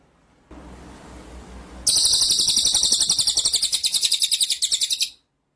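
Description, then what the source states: White-rumped shama song: after low background hiss, a sustained high rattling trill of quick repeated notes runs for over three seconds, steady and insistent. Masteran (training) track of full song in ngerol (rolling) and nembak (shooting) style.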